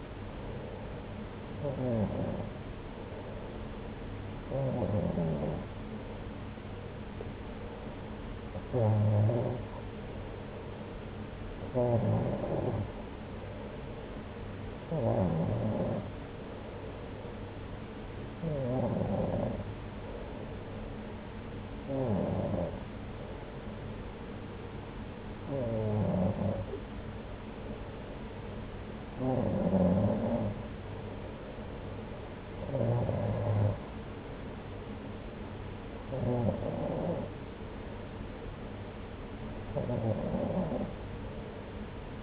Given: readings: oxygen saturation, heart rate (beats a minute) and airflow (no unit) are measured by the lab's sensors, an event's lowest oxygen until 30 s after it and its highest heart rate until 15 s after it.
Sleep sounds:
breathing in sleep by a voice recorder at the bedside; none
none scored
From the record:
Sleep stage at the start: N2 (light sleep); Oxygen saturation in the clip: 93%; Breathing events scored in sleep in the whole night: 303 in 8.1 hours asleep

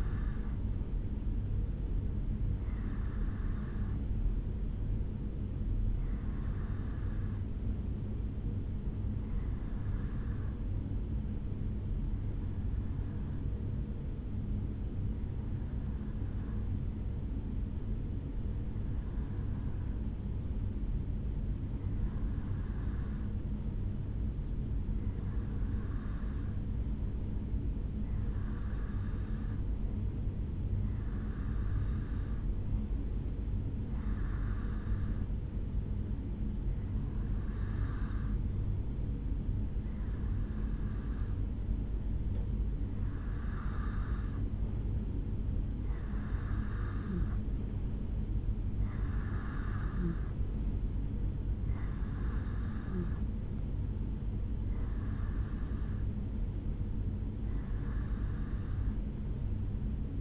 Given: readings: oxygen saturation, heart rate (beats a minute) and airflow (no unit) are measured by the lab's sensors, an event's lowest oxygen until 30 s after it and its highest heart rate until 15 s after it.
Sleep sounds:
breathing in sleep by a smartphone at the bedside; 1
9.00-37.10 s: hypopnea (REM, oxygen 95% highest, then 90% lowest, heart rate 63 at the start, 73 highest)
From the record:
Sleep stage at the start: REM sleep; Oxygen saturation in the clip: 90 to 95%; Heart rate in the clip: 60 to 73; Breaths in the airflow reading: 20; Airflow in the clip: -2.6 to 1.9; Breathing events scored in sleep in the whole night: 449 in 7.0 hours asleep

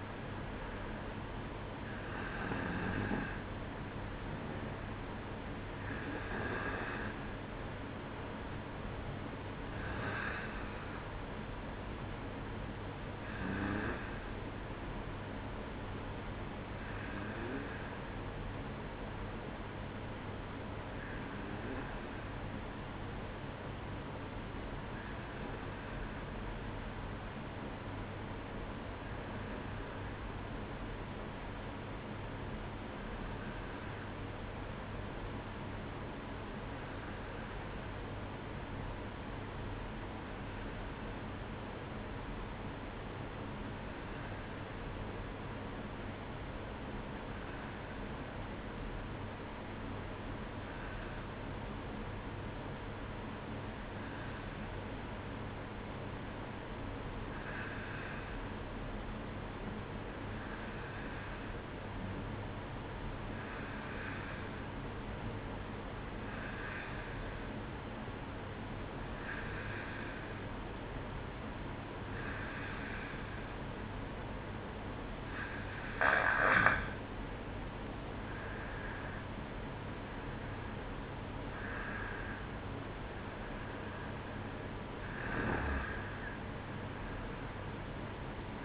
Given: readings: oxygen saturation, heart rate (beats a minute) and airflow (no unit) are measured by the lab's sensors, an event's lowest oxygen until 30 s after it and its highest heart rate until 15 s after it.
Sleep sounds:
breathing in sleep by a voice recorder at the bedside; 1
16.00-76.00 s: new sleep stage, N2 (light sleep)
29.00-76.00 s: hypopnea (N2, oxygen 95% highest, then 91% lowest, heart rate 56 at the start, 64 highest)
76.00-88.65 s: new sleep stage, N1 (lightest sleep)
From the record:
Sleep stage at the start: N1 (lightest sleep); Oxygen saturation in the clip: 90 to 95%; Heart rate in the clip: 56 to 64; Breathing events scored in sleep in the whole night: 305 in 9.6 hours asleep

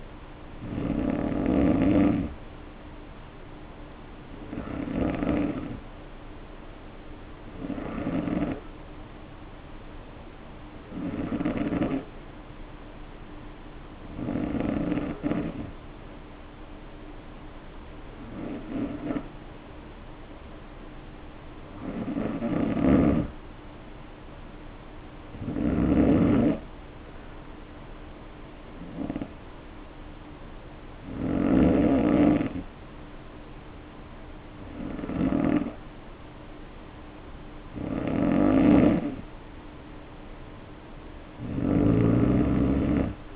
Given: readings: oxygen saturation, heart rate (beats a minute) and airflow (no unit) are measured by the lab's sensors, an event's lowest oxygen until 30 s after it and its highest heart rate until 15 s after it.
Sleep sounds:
breathing in sleep by a voice recorder at the bedside; 1
12.00-26.50 s: hypopnea (N2, oxygen 94% highest, then 91% lowest, heart rate 54 at the start, 59 highest)
39.00-43.36 s: new sleep stage, N1 (lightest sleep)
From the record:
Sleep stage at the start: N2 (light sleep); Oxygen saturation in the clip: 88 to 94%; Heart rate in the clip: 54 to 59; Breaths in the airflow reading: 13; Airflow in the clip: -3.2 to 2.5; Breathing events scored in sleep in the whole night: 520 in 7.2 hours asleep

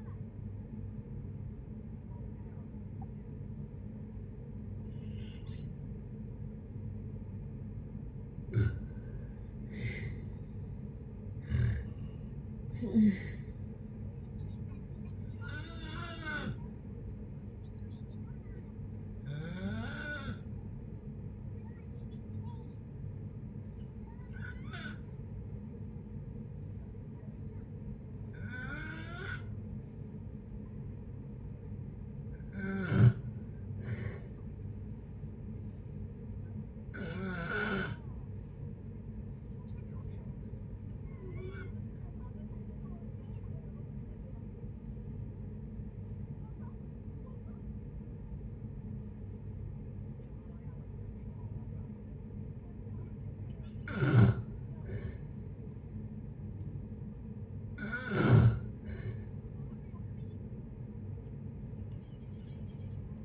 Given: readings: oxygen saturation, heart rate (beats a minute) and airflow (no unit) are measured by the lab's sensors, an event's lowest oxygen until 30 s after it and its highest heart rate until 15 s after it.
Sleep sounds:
a person awake in a sleep study, by a smartphone at the bedside; none
0.00-63.25 s: awake
0.00-63.25 s: awake
From the record:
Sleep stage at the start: awake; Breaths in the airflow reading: 23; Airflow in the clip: -0.7 to 0.7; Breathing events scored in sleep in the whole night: 496 in 5.4 hours asleep

